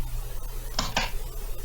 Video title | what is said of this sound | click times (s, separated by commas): Ryzen 7 1700 pc build | and be there should be a very satisfying click once it goes in | 0.8 s, 1.0 s